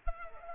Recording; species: mosquito wingbeat signal from an infrared sensor; Culex pipiens